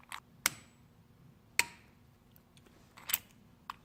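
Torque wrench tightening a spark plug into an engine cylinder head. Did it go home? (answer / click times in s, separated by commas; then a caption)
yes / 0.5 s, 1.6 s. A click-type torque wrench tightens a spark plug into an engine cylinder head, giving two sharp clicks at 0.5 and 1.6 seconds as the set torque is reached. Softer ticks and rustles come before, between and after the clicks. The two clicks mean torque is achieved on the spark plug.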